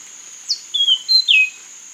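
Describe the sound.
Bird calls: four high, clear whistled notes, some falling and some level, over a steady high whine.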